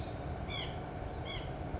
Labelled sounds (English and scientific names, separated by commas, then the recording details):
White-breasted Nuthatch (Sitta carolinensis)
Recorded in Sonoma County, California